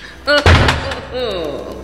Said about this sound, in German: Nein, nicht die Tür schließen! Aufmachen! Aufmachen! Machen Sie auf! Verdammt, wir sitzen in der Falle.